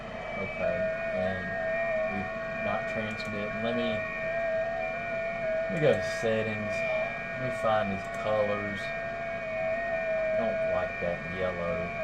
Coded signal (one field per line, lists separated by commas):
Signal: FT8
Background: speech